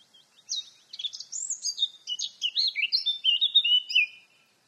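Eurasian blackcap warbling song, a rapid run of varied high whistled and chattering notes, rising and falling for about four seconds without pause.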